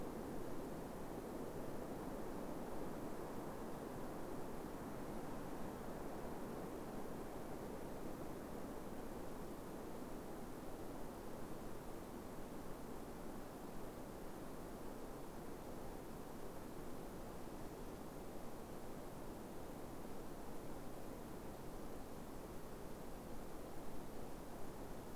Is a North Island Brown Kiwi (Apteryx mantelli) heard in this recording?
no